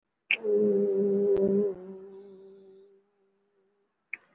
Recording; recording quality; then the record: sustained vowel as in boot; excellent, no background noise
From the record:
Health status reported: recovered from COVID-19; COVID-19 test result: positive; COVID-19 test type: RT-PCR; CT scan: taken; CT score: 2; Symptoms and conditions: cough, cold, breathing difficulty, sore throat, fatigue, muscle pain, asthma, another respiratory illness, hypertension, diabetes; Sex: female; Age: 49 years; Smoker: no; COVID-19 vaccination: both doses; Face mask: worn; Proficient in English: no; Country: India